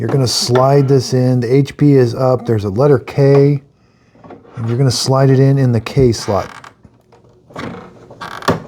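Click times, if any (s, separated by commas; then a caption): 8.5 s. Someone talks while a black (K) plastic ink cartridge is slid into the K slot of the carriage of an HP OfficeJet Pro 9125e inkjet printer. A few soft handling knocks and scrapes follow as it is pushed in until it latches with a sharp click at 8.5 s, and the cartridge is seated.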